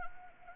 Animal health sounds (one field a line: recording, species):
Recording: mosquito wingbeat signal from an infrared sensor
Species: Anopheles arabiensis